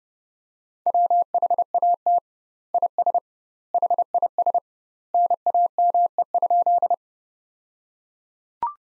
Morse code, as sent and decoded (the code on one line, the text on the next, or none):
.-- .... .- - / .. ... / .... .. ... / -. .- -- . ..--..
WHAT IS HIS NAME?